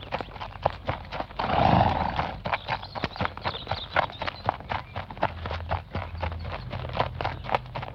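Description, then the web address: Horse hooves crunching on gravel in a steady walking rhythm. Single horse walking on gravel. "animals horses single horse walking on gravel"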